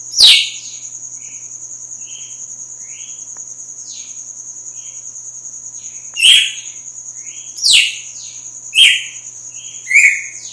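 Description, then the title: Red-cowled cardinal singing: a loud opening note, soft whistles, then several bright downslurred phrases near the end, with a constant high tone behind. Female; sings strongly at dawn after moult. "Canto Galo Campina Fêmea 02. GALO DE CAMPINA AÇOITA FORTE NA MADRUGADA DEPOIS DA MUDA"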